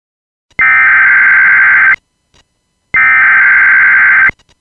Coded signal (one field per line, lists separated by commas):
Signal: Emergency Alert System (SAME) tones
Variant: header bursts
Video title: Channel 24 - Tornado Warning